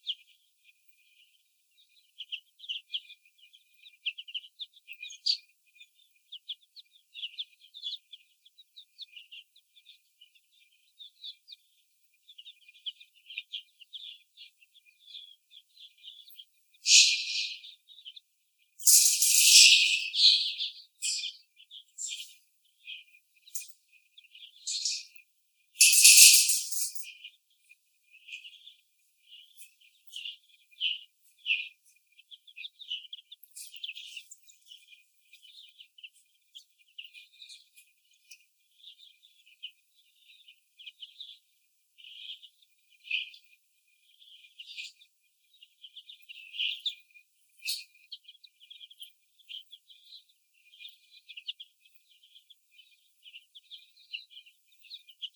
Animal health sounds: young laying hens in a cage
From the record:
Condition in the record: after the stressor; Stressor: sudden umbrella opening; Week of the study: 2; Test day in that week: 1

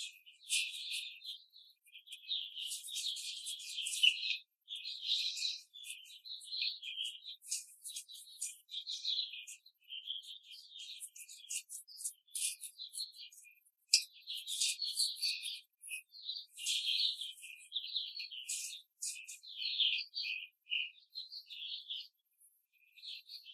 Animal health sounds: young laying hens in a cage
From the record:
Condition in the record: control cage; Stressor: none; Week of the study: 5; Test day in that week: 1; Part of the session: 2

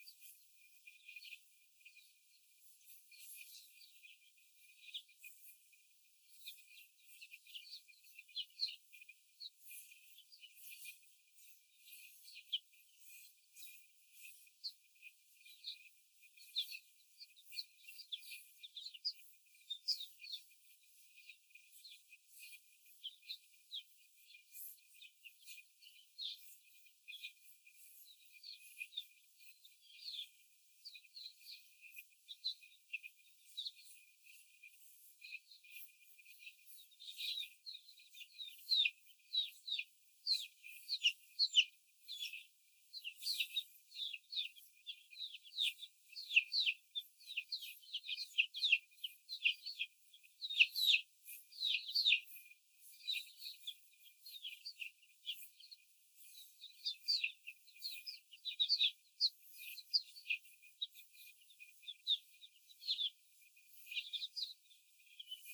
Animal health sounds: young laying hens in a cage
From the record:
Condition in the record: before the stressor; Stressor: simulated dog barking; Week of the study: 4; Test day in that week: 1

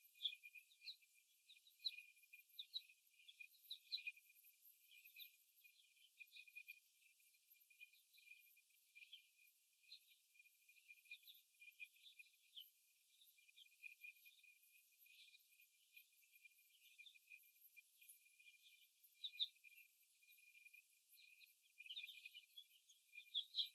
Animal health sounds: young laying hens in a cage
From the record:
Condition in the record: before the stressor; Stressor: simulated dog barking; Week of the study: 1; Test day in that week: 2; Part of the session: 4

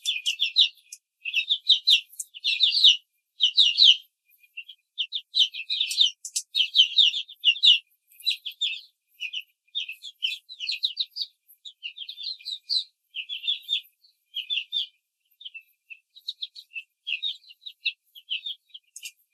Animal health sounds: young laying hens in a cage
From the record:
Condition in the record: control cage, before the stress test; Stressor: none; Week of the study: 4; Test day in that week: 1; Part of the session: 1

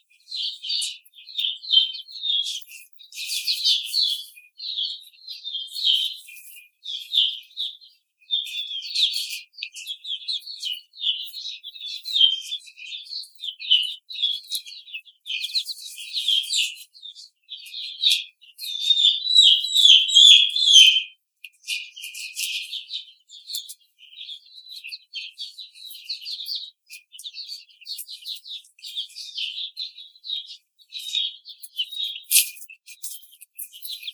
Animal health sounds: young laying hens in a cage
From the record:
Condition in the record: treatment cage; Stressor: simulated dog barking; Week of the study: 5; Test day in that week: 1

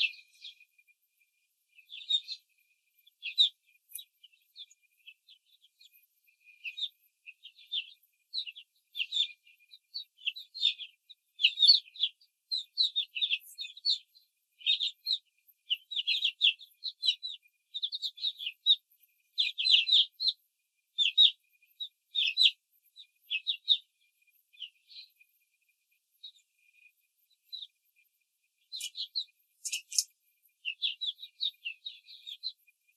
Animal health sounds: young laying hens in a cage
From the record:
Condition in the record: control cage, after the stress test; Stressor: none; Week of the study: 4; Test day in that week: 3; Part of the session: 1

